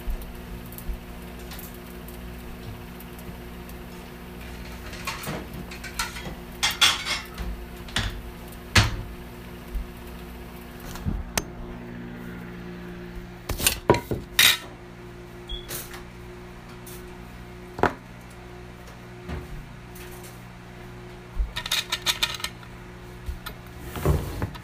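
Someone prepares and eats lunch, with sharp clinks of dishes and cutlery scattered throughout over a steady low hum.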